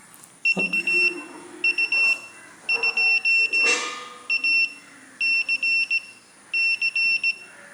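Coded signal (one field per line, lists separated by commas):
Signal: Morse code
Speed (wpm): 17 wpm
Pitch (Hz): 2700 Hz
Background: none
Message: VU2ACC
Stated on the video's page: Morse sent from a USB keyboard through an Arduino Nano keyer on 9 V battery, with an iambic keyer working in parallel; for CW training.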